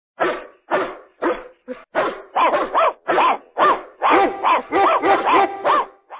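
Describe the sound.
Dog barking, a rapid run of sharp barks growing busier and higher toward the end.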